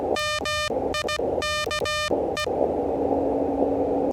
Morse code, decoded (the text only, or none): MIKE